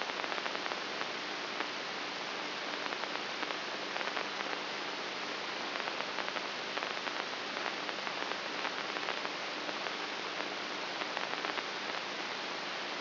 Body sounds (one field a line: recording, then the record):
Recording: brain microelectrode recording played as sound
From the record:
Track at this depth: inside the subthalamic nucleus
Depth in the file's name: 5.84 mm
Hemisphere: right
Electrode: 3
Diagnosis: Parkinson's disease